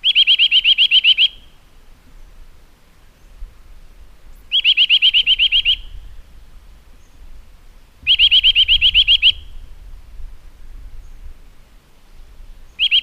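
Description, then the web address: Eurasian nuthatch repeating rapid runs of bright, upslurred piping notes every few seconds, each run roughly a second long, with faint low rumble between. "agykontroll Madardalok Cd 1. Csuszka"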